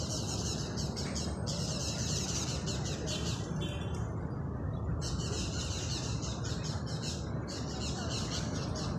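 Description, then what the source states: Birds chattering in high, twittering bursts that come and go several times, over a constant low rumble. Recorded in the centre of a park.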